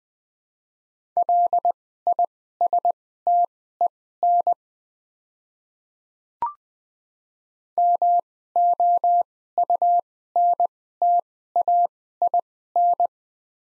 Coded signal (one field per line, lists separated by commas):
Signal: Morse code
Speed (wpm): 20 wpm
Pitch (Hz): 700 Hz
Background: none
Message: LISTEN MOUNTAIN